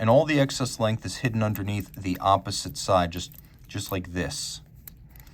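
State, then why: Seated. Someone talks as the black alligator leather strap of a TAG Heuer Monaco "Dark Lord" Tribute Edition CBL2180.FC6497 is fed through the crimping hinge of its DLC titanium deployant clasp, with the excess length tucked underneath. The clasp closes with a sharp click at 4.9 s, followed by a few faint ticks, and locks in place.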